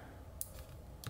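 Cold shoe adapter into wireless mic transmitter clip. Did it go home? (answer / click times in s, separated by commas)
yes / 0.4 s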